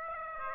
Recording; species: mosquito wingbeat signal from an infrared sensor; Aedes aegypti